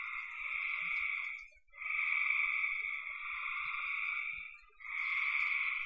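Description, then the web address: Frogs producing sustained, droning trills in long bouts with brief pauses between, faint clicks underneath. "cn frogs"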